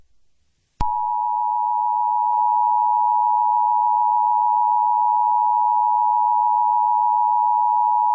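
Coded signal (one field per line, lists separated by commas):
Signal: Emergency Alert System (SAME) tones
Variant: 853 and 960 Hz attention tone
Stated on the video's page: Fictional scenario.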